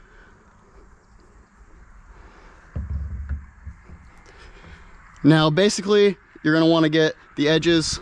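The removable hardtop roof panel of a 2020–2024 C8 Corvette Coupe is slowly rotated down, with its edges lined up in the grooves of its storage mounts, giving low handling rumbles around 2.8–3.5 s and a brief knock at 3.3 s. From about 5.2 s someone talks. Nothing has snapped into place yet; the panel is only pushed forward to seat afterward.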